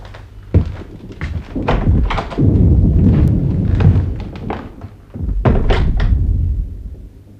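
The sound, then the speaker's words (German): Cannon fire: a series of deep, heavy booms at irregular intervals, each a dull thud rolling into a low, sustained rumble, with no voices. “Dieser Kanonendonner.”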